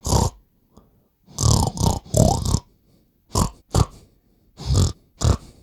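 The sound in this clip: Pig snorting, loud breathy snorts and grunts in bursts, some doubled, several in under six seconds with short silences between.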